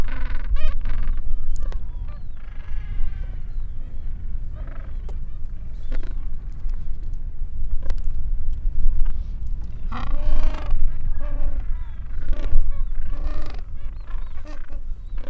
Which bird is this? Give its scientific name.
Pygoscelis papua